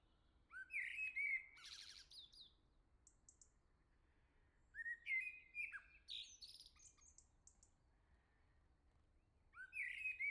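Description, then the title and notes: Common blackbird with fluty, gliding whistles ending in squeaky high notes, three song phrases separated by long quiet pauses. Singing nearby on a morning at the start of summer, La Jarrie, France; recorded with SDMixPre6II, MS MKH40/30 microphones in Cinela PIA2, 96kHz/32-bit. "Le Merle salue l'été, La Jarrie, France. Quel Sol!!!! pour saluer l'arrivée de l'été ce matin! Merci Jolie Merle de tes vocalises à proximité!"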